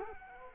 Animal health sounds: mosquito wingbeat signal from an infrared sensor; Culex quinquefasciatus

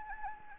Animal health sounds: mosquito wingbeat signal from an infrared sensor; Anopheles gambiae

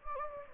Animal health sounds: mosquito wingbeat signal from an infrared sensor; Anopheles gambiae

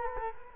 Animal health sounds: mosquito wingbeat signal from an infrared sensor; Culex quinquefasciatus

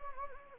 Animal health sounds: mosquito wingbeat signal from an infrared sensor; Anopheles gambiae

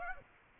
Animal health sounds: mosquito wingbeat signal from an infrared sensor; Aedes aegypti

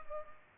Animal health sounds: mosquito wingbeat signal from an infrared sensor; Culex pipiens

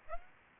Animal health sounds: mosquito wingbeat signal from an infrared sensor; Aedes aegypti

